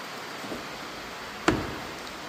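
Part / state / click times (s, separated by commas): amber flasher light into tractor mount / not seated / none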